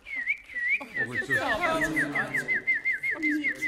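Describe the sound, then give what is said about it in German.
A person whistles an imitation of a blackbird's song, a high, wavering warble with quick trills, running for a few seconds with some voiced, throaty sounds mixed in. “Ich kann die Vögel nachmachen. Jetzt bin ich eine Amsel.”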